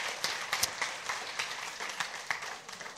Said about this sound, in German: Geben wir dem Lobpreisteam mal einen kräftigen Applaus.